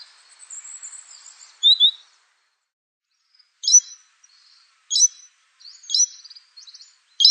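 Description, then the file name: Canary chirps and song fragments: a soft warbled phrase, then short bright chirps with little trills repeated about once a second. "Canary Voice"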